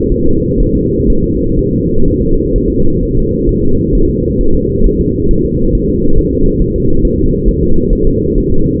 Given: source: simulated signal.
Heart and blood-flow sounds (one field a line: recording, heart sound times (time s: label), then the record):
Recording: fetal heart sounds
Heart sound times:
0.12 s: S1
0.26 s: S2
0.60 s: S1
0.75 s: S2
1.10 s: S1
1.24 s: S2
1.59 s: S1
1.73 s: S2
2.08 s: S1
2.22 s: S2
2.56 s: S1
2.70 s: S2
3.03 s: S1
3.17 s: S2
3.49 s: S1
3.63 s: S2
3.95 s: S1
4.09 s: S2
4.41 s: S1
4.55 s: S2
4.86 s: S1
5.01 s: S2
5.31 s: S1
5.45 s: S2
5.75 s: S1
5.89 s: S2
6.19 s: S1
6.33 s: S2
6.62 s: S1
6.76 s: S2
7.05 s: S1
7.19 s: S2
7.48 s: S1
7.63 s: S2
7.93 s: S1
8.07 s: S2
8.38 s: S1
8.52 s: S2
From the record:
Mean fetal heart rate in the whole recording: 130 bpm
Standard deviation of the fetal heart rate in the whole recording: 4 bpm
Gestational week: 38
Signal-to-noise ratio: -17.7 dB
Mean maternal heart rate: 72 bpm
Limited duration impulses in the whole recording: present